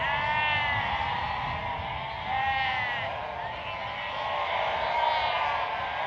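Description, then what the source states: Sheep bleating continuously, several wavering, overlapping bleats with no quiet gaps. Bleating on a prairie.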